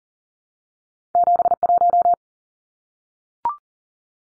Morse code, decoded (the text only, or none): 71